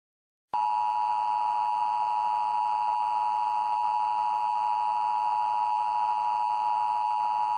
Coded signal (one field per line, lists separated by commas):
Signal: Emergency Alert System (SAME) tones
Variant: 853 and 960 Hz attention tone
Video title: EAS Scenario: Sanitized Desti